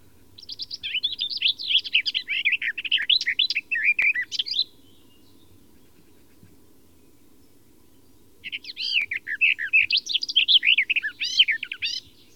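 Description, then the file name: Garden warbler singing two long, rushing warbled phrases of about four seconds each, separated by a four-second pause. "fauvette des jardins"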